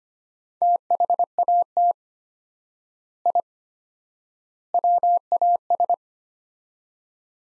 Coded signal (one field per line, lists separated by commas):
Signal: Morse code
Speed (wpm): 25 wpm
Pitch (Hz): 700 Hz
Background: none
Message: THAT I WAS